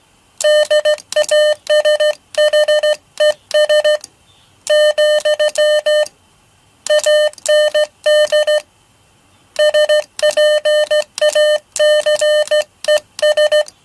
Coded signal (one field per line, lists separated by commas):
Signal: Morse code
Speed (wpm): 15 wpm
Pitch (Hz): 600 Hz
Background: none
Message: DASHES , AND SPACES